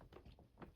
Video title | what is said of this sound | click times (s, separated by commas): How to Repair an Oreck Vacuum Cleaner Fixing Broken Bag Bracket on Magnesium or Discover Model | then you'll slowly slide out you hear a little snap bam it's out okay | 0.6 s